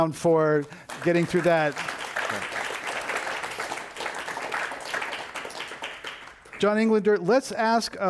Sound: applause

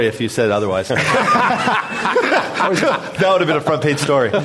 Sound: laughter

